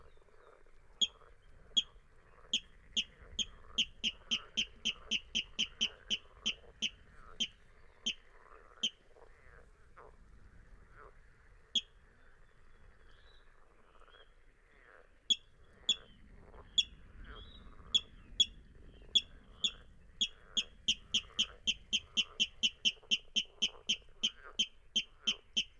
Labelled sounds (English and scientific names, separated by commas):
Water Rail (Rallus aquaticus)